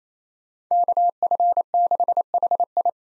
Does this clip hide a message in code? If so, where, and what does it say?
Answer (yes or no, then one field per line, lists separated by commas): yes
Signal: Morse code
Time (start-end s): 0.7-2.9 s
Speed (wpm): 28 wpm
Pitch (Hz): 700 Hz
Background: none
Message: KF6HI